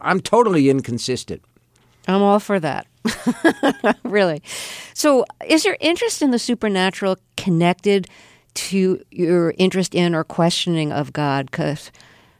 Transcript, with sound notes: I'm totally inconsistent.
I'm all for that. (Laughter) Really. So is your interest in the supernatural connected to your interest in or questioning of God?